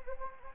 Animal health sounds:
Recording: mosquito wingbeat signal from an infrared sensor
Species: Anopheles gambiae

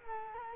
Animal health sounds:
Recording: mosquito wingbeat signal from an infrared sensor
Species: Culex quinquefasciatus

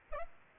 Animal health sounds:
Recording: mosquito wingbeat signal from an infrared sensor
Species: Aedes aegypti

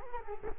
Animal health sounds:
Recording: mosquito wingbeat signal from an infrared sensor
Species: Culex quinquefasciatus

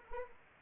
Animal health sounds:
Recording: mosquito wingbeat signal from an infrared sensor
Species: Anopheles arabiensis

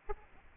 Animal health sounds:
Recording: mosquito wingbeat signal from an infrared sensor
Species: Aedes albopictus

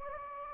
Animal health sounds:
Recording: mosquito wingbeat signal from an infrared sensor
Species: Anopheles gambiae

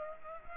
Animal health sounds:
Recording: mosquito wingbeat signal from an infrared sensor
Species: Culex pipiens

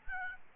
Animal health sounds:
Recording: mosquito wingbeat signal from an infrared sensor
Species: Aedes albopictus

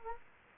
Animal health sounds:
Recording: mosquito wingbeat signal from an infrared sensor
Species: Anopheles gambiae

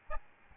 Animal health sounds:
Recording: mosquito wingbeat signal from an infrared sensor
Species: Aedes albopictus

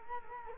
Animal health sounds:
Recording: mosquito wingbeat signal from an infrared sensor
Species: Culex quinquefasciatus

